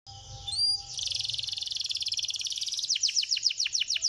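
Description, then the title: Bird song: a rapid, even buzzy trill of high notes, then a series of loud descending whistled sweeps; a soft low hum underneath. Bird chirping. "Kicau Burung"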